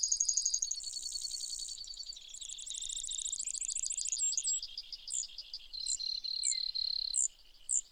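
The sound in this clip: Brewer's sparrow song: a long, high run of buzzy trills that shift pitch and speed, ending in a few separate sharp chips.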